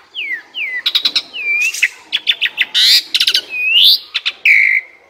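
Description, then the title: Asian pied starling song: a busy medley of downslurred whistles, rapid clicking bursts and harsh buzzy notes, varied phrases following one another without pause. Training song (masteran) meant to fix birds that sing too little and are sluggish. "Masteran Jalak Suren Atasi Burung KURANG GACOR Dan LOYO"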